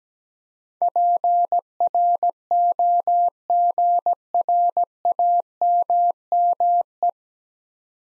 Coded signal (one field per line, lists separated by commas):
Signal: Morse code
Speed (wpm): 17 wpm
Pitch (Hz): 700 Hz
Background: none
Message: PROGRAMME